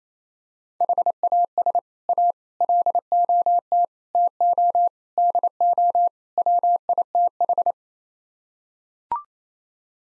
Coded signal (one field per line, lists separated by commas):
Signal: Morse code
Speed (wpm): 27 wpm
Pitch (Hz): 700 Hz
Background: none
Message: HAS A LOT TO DO WITH